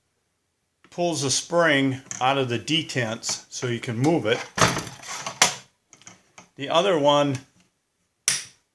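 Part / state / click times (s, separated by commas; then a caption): detent override lever on a sliding miter saw table / seated / 8.3 s. On a Ryobi sliding chop saw, the detent override lever under the miter table is pulled and clicks into its locked-open position at 8.3 s. The lever holds the spring-loaded detent pin out so the miter table can swing freely. Someone talks beforehand, and the sharp click is the loudest sound at the end.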